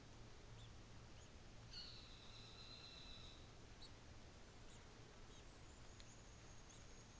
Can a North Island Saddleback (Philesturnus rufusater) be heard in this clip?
yes